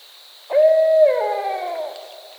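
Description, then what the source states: Barred owl hooting once, a steady note breaking into a falling, slurred trailing call, with a soft continuous high hum throughout. Recorded 2010-10-22.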